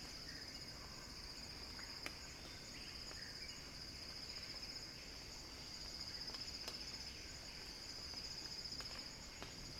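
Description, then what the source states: Cicada song, a steady high buzzing drone that holds unbroken throughout, with a few faint clicks. Cicada song building in a crescendo.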